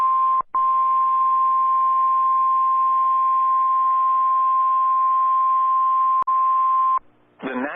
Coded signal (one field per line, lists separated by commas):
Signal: Emergency Alert System (SAME) tones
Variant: 1050 Hz attention tone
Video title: OK SVR EAS #625